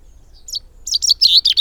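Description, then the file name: Common chaffinch giving a few high, thin notes, then a quick burst of sharp chirps over the last second, in an otherwise quiet background. "Fringilla coelebs"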